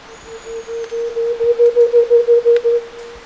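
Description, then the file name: Antpitta song: a series of low hollow hoots on one pitch, starting soft, then growing louder and more evenly spaced for about two seconds before fading. "canto do tovacucu malhado"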